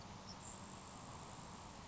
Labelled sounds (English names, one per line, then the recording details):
Grasshopper Sparrow
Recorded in Sonoma County, California